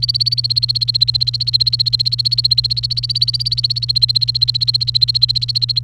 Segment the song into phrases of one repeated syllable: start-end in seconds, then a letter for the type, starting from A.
0.00-5.79 A